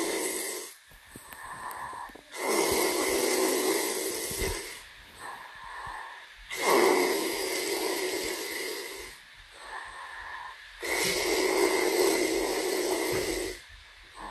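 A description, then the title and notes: Loud snoring comes in long rasping inhales, roughly at 0–1, 2.5–4.5, 6.5–9 and 11–14 seconds, each a dense, rattling roar. Between them are quieter, breathy exhales and brief pauses, with soft low rumbles underneath. Snoring ASMR.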